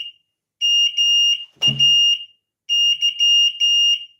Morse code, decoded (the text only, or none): MAY